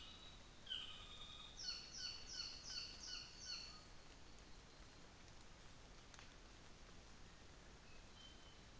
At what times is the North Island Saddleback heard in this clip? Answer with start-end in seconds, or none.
0.00-3.87